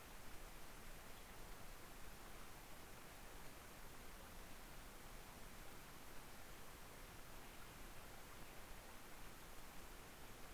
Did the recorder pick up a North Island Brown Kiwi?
no